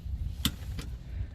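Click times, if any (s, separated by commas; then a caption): 0.4 s. A click-type torque wrench set to 25 ft-lb is turned on a rear sway bar link nut of a 2006 Infiniti G35 AWD sedan. It breaks over with a sharp click at 0.5 s, followed by a fainter click at 0.8 s, over a steady low rumble. The sharp click confirms the nut is torqued to 25 ft-lb.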